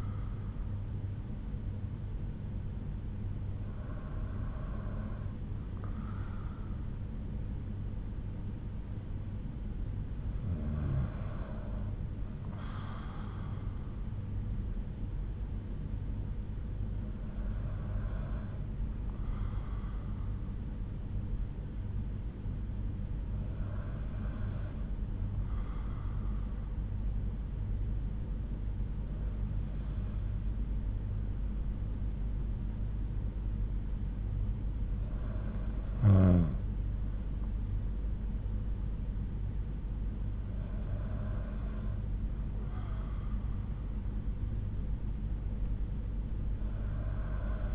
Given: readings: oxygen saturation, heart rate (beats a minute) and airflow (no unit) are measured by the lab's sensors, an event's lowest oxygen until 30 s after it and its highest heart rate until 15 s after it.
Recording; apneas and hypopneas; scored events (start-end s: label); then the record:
breathing in sleep by a smartphone at the bedside; none
none scored
From the record:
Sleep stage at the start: N2 (light sleep); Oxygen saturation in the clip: 93 to 94%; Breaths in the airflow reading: 7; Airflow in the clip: -4.3 to 5.8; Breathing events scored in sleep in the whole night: 368 in 8.0 hours asleep